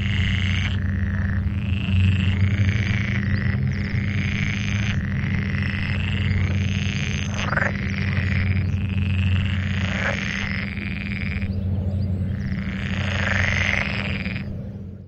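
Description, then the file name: Pool frog calling in repeated buzzy, nasal bursts over a loud, steady low hum. "Pelophylax lessonae"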